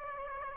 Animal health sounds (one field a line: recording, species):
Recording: mosquito wingbeat signal from an infrared sensor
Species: Aedes aegypti